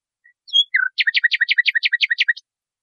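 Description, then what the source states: Nightingale phrase: a thin note, a sliding descending whistle, then a fast run of paired, clipped notes repeated about eight times. Masteran recording, made for training caged songbirds.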